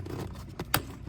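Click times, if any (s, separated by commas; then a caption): 0.7 s. A wiring harness connector is tightened home onto the engine control unit of a G37. A soft thud comes at 0.6 seconds, then a sharp click at 0.7 seconds as the connector seats.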